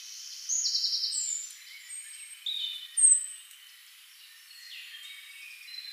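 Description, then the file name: European robin delivering a short, quick trill followed by a few separate thin, high whistles and slurred notes, then quieter faint twittering. "Erithacus rubecula"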